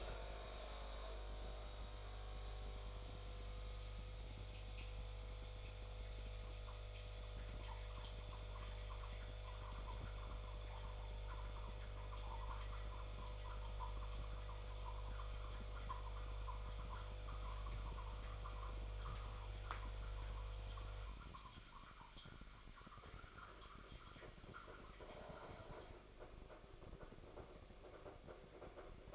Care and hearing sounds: daily activity, microphone in the room; make coffee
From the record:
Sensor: 5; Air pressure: 1004.4 hPa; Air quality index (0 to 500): 173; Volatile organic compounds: 4 ppm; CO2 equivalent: 1629 ppm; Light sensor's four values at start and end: 34/102/39/39 and 37/112/42/43

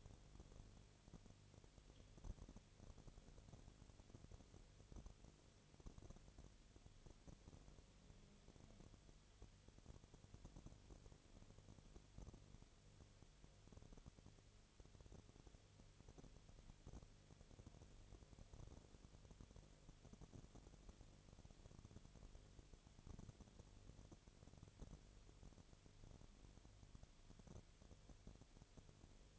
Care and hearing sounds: daily activity, microphone in the room; no activity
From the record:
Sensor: 4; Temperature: 22.4 degrees Celsius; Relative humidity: 31.1%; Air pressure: 1004.1 hPa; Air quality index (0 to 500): 85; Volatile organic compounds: 1 ppm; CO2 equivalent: 765 ppm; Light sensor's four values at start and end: 2/3/1/1 and 2/3/1/1

